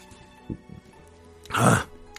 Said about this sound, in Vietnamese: Ho khan một tiếng, Diệp Bắc Vinh nói.